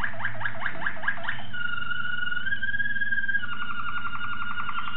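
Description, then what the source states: Waterslager canary song opening with rapid rising notes, then a long pure whistle that steps down in pitch, ending in a fine fast trill, low hum beneath. Song variations.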